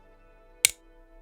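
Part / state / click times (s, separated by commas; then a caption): quad cane base onto shaft / seated / 0.7 s. A quad cane base is pressed onto the lower shaft after both push-pins are pushed in. A single sharp snap is heard at 0.6 s as the pin pops into its hole, against faint steady tonal background hum. The base is seated on the shaft.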